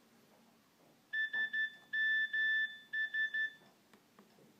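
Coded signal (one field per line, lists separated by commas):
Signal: Morse code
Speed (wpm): 12 wpm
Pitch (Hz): 1750 Hz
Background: none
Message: SMS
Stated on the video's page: Morse-code ringtone from the Nokia 1680 classic phone.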